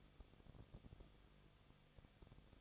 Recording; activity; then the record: daily activity, microphone in the room; no activity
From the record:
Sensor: 4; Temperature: 23.0 degrees Celsius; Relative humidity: 34.2%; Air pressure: 1007.4 hPa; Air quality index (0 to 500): 212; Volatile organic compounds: 14 ppm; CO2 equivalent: 2442 ppm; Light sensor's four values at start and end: 2/3/1/1 and 2/3/1/1